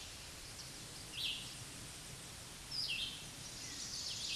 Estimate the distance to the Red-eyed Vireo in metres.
about 20 m